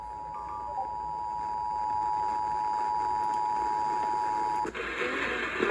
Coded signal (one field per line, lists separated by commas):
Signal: Emergency Alert System (SAME) tones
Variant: 853 and 960 Hz attention tone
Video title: SLIGHTSANITY 6: PDS SLIGHT - EAS Alerts From 4/11/24 (EAS #1596-1611)